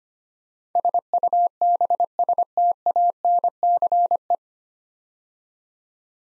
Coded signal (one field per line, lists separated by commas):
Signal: Morse code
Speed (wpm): 25 wpm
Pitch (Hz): 700 Hz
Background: none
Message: SUBSTANCE